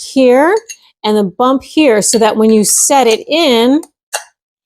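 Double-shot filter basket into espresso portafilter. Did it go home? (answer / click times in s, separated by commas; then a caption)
yes / 4.1 s. Someone talks while setting a metal double-shot filter basket, which has a notch and a bump, into an espresso machine portafilter. A sharp metallic click sounds at 4.2 seconds as the basket locks into place in the portafilter.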